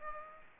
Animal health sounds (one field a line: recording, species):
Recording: mosquito wingbeat signal from an infrared sensor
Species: Aedes aegypti